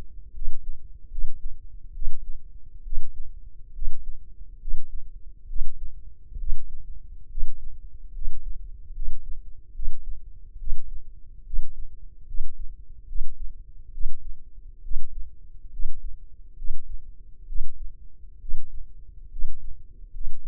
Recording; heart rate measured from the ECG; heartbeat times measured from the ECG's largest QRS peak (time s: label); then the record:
heart sounds by microphone in the left ear; 70 bpm
0.33 s: heartbeat
1.09 s: heartbeat
1.93 s: heartbeat
2.83 s: heartbeat
3.73 s: heartbeat
4.59 s: heartbeat
5.47 s: heartbeat
6.37 s: heartbeat
7.28 s: heartbeat
8.12 s: heartbeat
8.93 s: heartbeat
9.73 s: heartbeat
10.58 s: heartbeat
11.44 s: heartbeat
12.25 s: heartbeat
13.06 s: heartbeat
13.91 s: heartbeat
14.82 s: heartbeat
15.70 s: heartbeat
16.55 s: heartbeat
17.46 s: heartbeat
18.39 s: heartbeat
19.29 s: heartbeat
20.12 s: heartbeat
From the record:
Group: healthy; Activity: rest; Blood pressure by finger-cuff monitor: 136/82 mmHg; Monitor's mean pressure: 97 mmHg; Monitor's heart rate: 71 bpm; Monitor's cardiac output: 5.9 L/min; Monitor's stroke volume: 83 mL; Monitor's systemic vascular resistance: 1210 dyn s/cm5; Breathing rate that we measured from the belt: 16 breaths a minute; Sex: male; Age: 21 years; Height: 180 cm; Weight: 67.5 kg